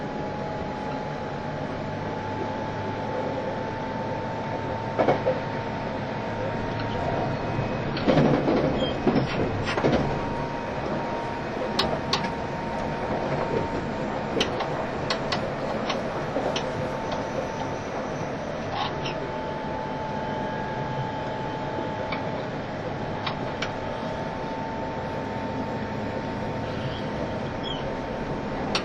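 A JR East E351 series Super Azusa tilting train runs steadily, with a constant low rumble and a high, even whine held throughout. Sharp clicks and knocks come irregularly, with a busier rattling stretch around eight to ten seconds.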